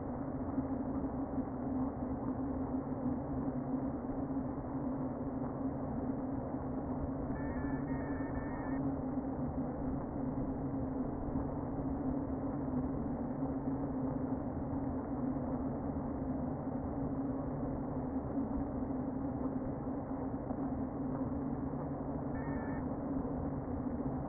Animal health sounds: honeybee colony, microphone inside the hive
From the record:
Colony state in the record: queen present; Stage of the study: before two queens were removed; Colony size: about 60,000 bees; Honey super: yes

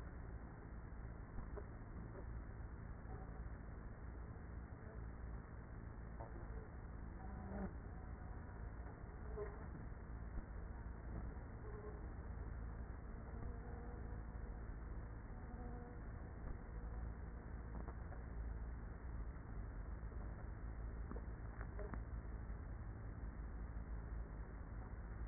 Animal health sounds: honeybee colony, microphone inside the hive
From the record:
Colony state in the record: queenless with a low population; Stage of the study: after two queens were removed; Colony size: about 30,000 bees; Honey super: no

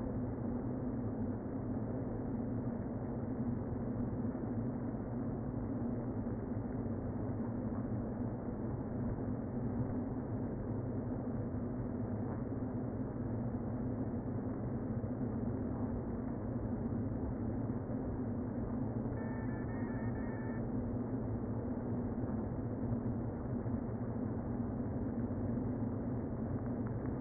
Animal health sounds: honeybee colony, microphone inside the hive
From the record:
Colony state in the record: queen present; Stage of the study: before two queens were removed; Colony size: about 60,000 bees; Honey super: yes

